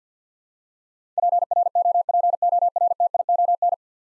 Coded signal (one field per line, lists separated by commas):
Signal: Morse code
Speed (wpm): 46 wpm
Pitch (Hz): 700 Hz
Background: none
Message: PROPORTION